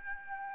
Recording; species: mosquito wingbeat signal from an infrared sensor; Aedes albopictus